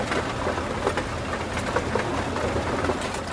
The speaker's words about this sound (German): Was Sie jetzt hier prasseln hören, das sind die Kohlestücken, die jetzt hier durch die Mühle gehen und dann also dort gemahlen werden, wie in der Kaffeemaschine, so ähnlich.